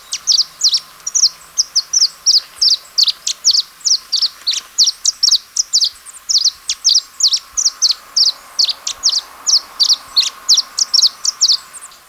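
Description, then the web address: Glossy flowerpiercer giving a fast, steady stream of high, sharp chipping notes, running without pause for about twelve seconds. In Ecuador. "Natures Songs S America Birds of Ecuador. Glossy Flowerpiercer"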